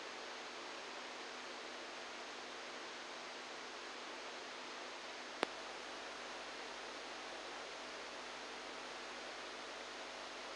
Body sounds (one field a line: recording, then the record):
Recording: brain microelectrode recording played as sound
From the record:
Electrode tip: outside the subthalamic nucleus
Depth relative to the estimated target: -6 mm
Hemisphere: right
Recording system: NeuroSet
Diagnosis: Parkinson's disease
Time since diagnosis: 10 years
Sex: male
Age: 63 years